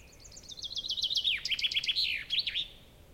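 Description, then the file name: Common chaffinch song: a bright, rapid trill of repeated notes descending in pitch, then a louder run ending in a brief flourish, with faint background hiss. "Fringilla coelebs"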